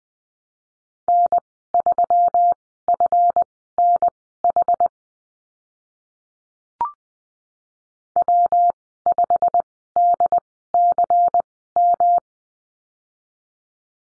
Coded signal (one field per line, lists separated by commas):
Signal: Morse code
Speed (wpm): 20 wpm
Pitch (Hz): 700 Hz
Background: none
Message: N3FNH W5DCM